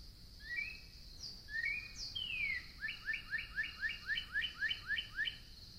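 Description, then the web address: Northern cardinal singing rising and falling clear whistles followed by a rapid even series of short upslurred notes, against a hissy background and steady high hum. "birds Northern Cardinal"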